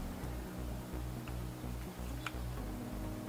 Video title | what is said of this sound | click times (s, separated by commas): How to Replace Exhaust VVT Solenoid - Ford Fiesta MK7 ST | you're going to hear a click. Okay, perfect, when it goes in. | 2.3 s